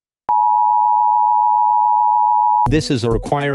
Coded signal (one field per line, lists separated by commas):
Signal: Emergency Alert System (SAME) tones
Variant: 853 and 960 Hz attention tone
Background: speech